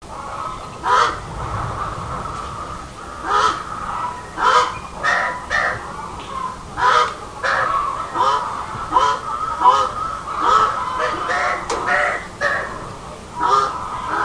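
Crows cawing, a long run of many harsh caws, some overlapping.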